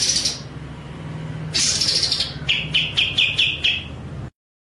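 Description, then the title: White-rumped shama song with harsh high buzzy phrases followed by a short run of repeated sharp notes, over a low steady hum. Masteran (training) track with the bird in full rolling, shooting song (ngerol nembak). "Masteran Murai Batu Full Ngerol Nembak"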